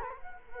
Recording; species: mosquito wingbeat signal from an infrared sensor; Culex quinquefasciatus